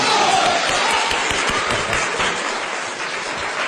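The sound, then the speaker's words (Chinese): An audience claps steadily for a few seconds during a comic performance, before an imitation of pingju opera singer Xiao Baiyushuang in Qin Xianglian: a dense, even patter of many hands that holds a fairly constant loudness without any voices over it. “咱这鼓掌不太热闹。”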